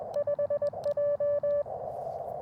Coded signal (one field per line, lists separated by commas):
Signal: Morse code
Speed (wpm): 20 wpm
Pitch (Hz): 580 Hz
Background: radio noise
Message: 5J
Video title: Black Friday CW POTA at W. Goodrich State Park KX2 & AX1